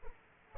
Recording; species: mosquito wingbeat signal from an infrared sensor; Aedes aegypti